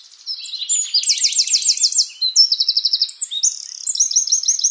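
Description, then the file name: Eurasian wren singing a fast, loud string of high trills, each phrase a different rattle, without a break. "Troglodytes troglodytes"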